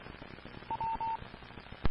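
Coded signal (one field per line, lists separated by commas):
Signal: none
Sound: a repeater's courtesy beeps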